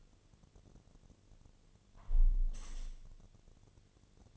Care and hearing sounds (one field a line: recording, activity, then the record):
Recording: daily activity, microphone in the room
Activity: close window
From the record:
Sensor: 4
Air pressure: 1007.2 hPa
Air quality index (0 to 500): 182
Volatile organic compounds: 5 ppm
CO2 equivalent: 1818 ppm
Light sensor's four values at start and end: 23/74/28/27 and 23/73/28/27